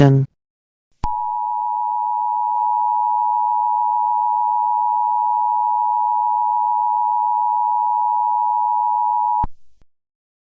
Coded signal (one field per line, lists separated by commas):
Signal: Emergency Alert System (SAME) tones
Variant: 853 and 960 Hz attention tone